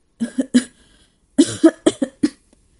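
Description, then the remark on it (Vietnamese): A woman coughs in two harsh bursts: three quick coughs, a brief pause, then four or five more heavy, rattling coughs in rapid succession, loud and without any speech. “Dứt lời, nàng lại bắt đầu ho sù sụ.”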